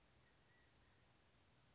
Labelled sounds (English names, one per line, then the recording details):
California Quail
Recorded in Sonoma County, California